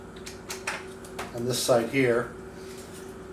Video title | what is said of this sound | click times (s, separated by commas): Assembling the Watchtower Inn | clicks into place | 0.7 s